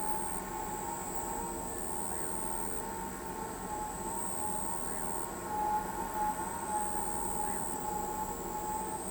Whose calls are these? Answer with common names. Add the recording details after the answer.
none. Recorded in pastures near Pivijay, Magdalena, Colombia, on 14 April 2023 at 22:00. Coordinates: 10.456, -74.369. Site P6-G026